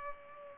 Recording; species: mosquito wingbeat signal from an infrared sensor; Culex pipiens